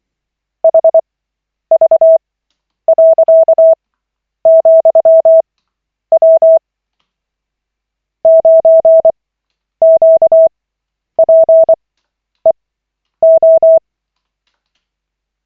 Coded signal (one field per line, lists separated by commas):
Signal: Morse code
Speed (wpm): 24 wpm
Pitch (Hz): 650 Hz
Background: none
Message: HV.,W 9QPEO